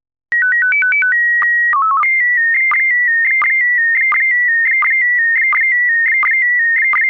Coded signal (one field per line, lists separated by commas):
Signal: SSTV (slow-scan television)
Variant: PD 90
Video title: Slow Scan Radio, August 1, 2018, Ep. 2